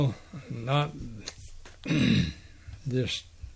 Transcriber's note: clears throat